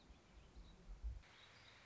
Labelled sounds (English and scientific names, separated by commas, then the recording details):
Warbling Vireo (Vireo gilvus)
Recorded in Sonoma County, California